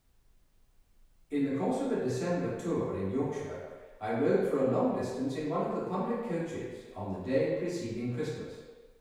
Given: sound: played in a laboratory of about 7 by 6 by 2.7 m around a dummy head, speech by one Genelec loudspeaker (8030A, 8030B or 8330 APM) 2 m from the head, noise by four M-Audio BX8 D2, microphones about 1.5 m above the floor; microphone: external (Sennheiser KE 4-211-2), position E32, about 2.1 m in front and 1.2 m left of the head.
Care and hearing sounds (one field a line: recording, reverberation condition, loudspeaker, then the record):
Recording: male speech in English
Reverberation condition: high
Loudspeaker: 150 degrees to the left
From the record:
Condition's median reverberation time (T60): about 1300 ms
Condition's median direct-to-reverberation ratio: about -4.0 dB